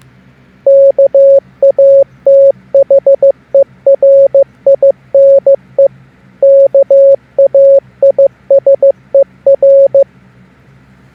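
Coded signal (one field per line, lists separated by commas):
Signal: Morse code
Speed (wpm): 15 wpm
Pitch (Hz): 550 Hz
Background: none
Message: KATHERINE KAISER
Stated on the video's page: Morse code typed on a mobile device using Google's Gboard Morse keyboard.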